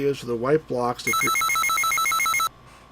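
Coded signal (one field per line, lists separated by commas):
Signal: none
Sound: computer game ringing tones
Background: speech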